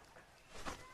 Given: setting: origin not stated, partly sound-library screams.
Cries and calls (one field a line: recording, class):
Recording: one-second piece from a danger detection set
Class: normal situation